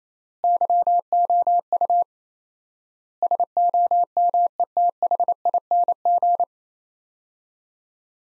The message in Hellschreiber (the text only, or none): none